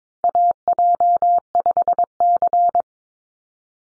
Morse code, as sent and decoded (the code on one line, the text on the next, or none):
.- .--- ..... -.-.
AJ5C